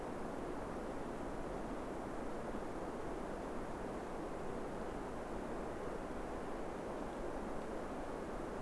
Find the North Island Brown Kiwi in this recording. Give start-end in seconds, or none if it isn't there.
none